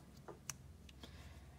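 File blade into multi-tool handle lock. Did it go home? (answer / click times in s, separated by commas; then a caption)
yes / 0.5 s. A folding file blade in the handle of a stainless steel Southwire MT001 electrician's multi-tool is swung open until it locks in place. A soft tick at 0.3 s comes just before a sharp, bright click at 0.5 s, followed by a couple of faint ticks near 0.9 and 1.0 s over a low background hum. The blade is locked open.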